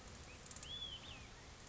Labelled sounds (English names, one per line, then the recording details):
Olive-sided Flycatcher
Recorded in Sonoma County, California